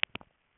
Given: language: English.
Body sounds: throat vibration sensor signal played as sound; swallow

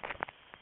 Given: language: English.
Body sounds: throat vibration sensor signal played as sound; swallow

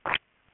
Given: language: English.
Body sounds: throat vibration sensor signal played as sound; swallow

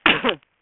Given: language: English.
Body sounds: throat vibration sensor signal played as sound; cough

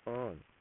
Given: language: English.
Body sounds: throat vibration sensor signal played as sound; speech

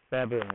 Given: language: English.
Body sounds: throat vibration sensor signal played as sound; speech

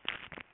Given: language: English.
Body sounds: throat vibration sensor signal played as sound; swallow

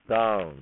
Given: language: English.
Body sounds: throat vibration sensor signal played as sound; speech

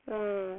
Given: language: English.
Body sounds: throat vibration sensor signal played as sound; speech

